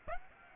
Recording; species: mosquito wingbeat signal from an infrared sensor; Aedes aegypti